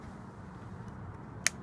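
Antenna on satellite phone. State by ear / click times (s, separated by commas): seated / 1.5 s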